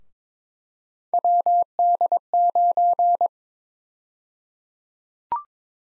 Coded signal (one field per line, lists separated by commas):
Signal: Morse code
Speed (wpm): 22 wpm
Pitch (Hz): 700 Hz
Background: none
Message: WD9